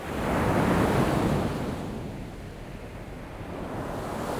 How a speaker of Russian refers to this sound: Это океан. Это самое большое географическое пространство на нашей планете.